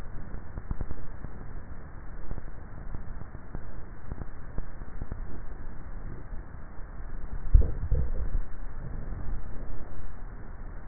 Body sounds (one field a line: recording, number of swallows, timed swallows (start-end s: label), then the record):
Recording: swallowing sounds by neck microphone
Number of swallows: 1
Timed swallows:
7.42-8.32 s: swallow
From the record:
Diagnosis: dysphagia